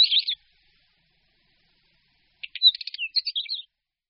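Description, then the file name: Northern wheatear singing a brief scratchy warble, a long silence, then a rapid phrase of dry clicks, chatter and short whistled notes. "Bělořit-šedý"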